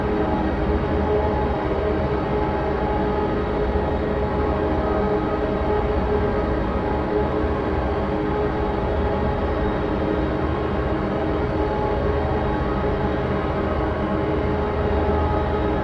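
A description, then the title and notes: A polyphonic drone holds steady for the whole stretch, with no breaks or swells. Several low tones stack into a dense, rumbling bed, with a faint higher shimmer above that stops short of real brightness. The texture resembles the constant hum of a train. Polyphonic drone sequence, sounds created in Pure Data.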